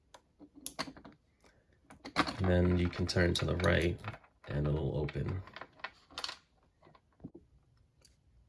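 A handcuff key is put into the keyhole of steel handcuffs and turned left, and the metal double lock clicks off at 0.7 s, releasing it. Small metallic ticks and clicks follow while someone talks.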